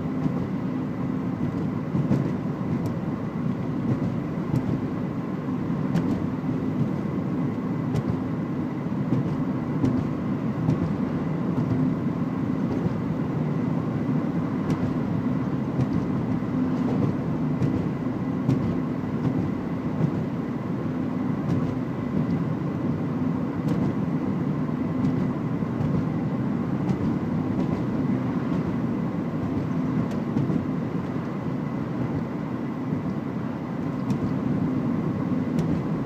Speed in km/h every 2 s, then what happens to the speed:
66, 68, 69, 70, 71, 71, 69, 70, 71, 71, 71, 72, 72, 73, 72, 72, 73, 73.
0-36 steady at about 71.